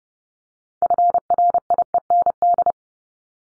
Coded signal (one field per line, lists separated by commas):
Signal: Morse code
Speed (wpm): 30 wpm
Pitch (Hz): 700 Hz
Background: none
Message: FRIEND